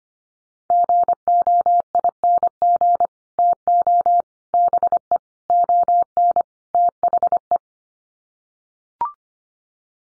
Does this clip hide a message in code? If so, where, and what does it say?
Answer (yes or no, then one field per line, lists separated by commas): yes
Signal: Morse code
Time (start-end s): 0.7-7.6 s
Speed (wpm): 25 wpm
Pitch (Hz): 700 Hz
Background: none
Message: GOING TO BE ON THE